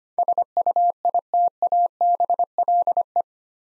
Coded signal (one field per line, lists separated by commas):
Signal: Morse code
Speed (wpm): 25 wpm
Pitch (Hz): 700 Hz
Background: none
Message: SUITABLE